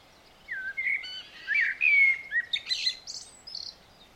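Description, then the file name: Eurasian blackbird singing a brief run of mellow whistled notes, followed by thin, high, squeaky twittering. "Turdus merula"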